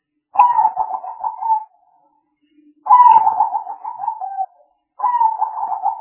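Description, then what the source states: Spotted dove cooing in three rolling, pulsed phrases separated by silent gaps, the last one cut off. Spotted dove calls used as a lure (pikat) to attract the birds.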